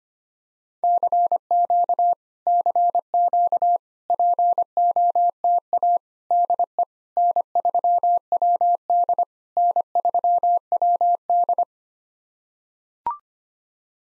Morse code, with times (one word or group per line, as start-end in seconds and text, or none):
0.8-2.1 CQ
2.5-3.8 CQ
4.1-6.0 POTA
6.3-6.8 DE
7.2-9.2 N3WD
9.6-11.6 N3WD